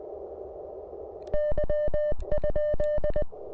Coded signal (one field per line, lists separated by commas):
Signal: Morse code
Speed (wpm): 25 wpm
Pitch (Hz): 590 Hz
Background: none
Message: Y?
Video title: KM4CFT Activates POTA with the CFT1